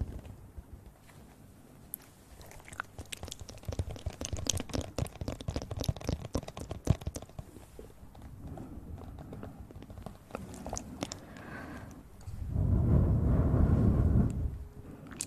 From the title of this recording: Sounds close to the mouth!